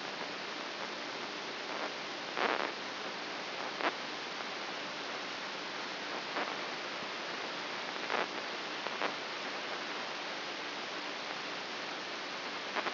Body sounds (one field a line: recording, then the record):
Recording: brain microelectrode recording played as sound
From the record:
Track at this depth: inside the subthalamic nucleus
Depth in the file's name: 4.04 mm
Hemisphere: right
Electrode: 2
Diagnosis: Parkinson's disease